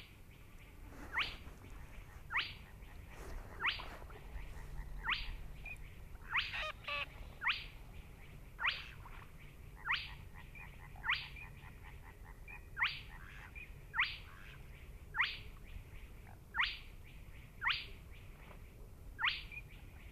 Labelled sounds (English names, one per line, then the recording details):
Spotted Crake song
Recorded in the wild
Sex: male
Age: adult
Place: Schwedt/Oder, Nationalpark Unteres Odertal, Brandenburg, DE
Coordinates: 53.1325, 14.353
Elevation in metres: 1
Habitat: wetland
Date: 2015-04-21 21:24
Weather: clear, 8°C, almost windless
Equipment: Sound Devices 702, Sennheiser MKH 70, Rycote Windschutz
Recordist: Frommolt, Karl-Heinz